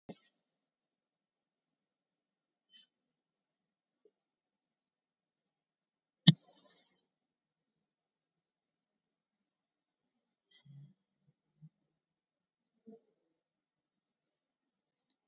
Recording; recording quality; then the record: deep breathing; poor, much background noise or distortion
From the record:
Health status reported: COVID-19 positive, moderate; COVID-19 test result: positive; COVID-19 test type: RT-PCR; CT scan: taken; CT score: 3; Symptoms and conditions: cough, sore throat, fever, fatigue, muscle pain, diabetes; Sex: female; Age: 62 years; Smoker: no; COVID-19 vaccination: one dose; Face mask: worn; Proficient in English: yes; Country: India